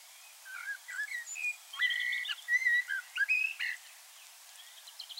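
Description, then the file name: Common blackbird song: low fluted, warbling whistled phrases with a few slurred notes, given in short bursts with brief pauses between them. "Turdus merula"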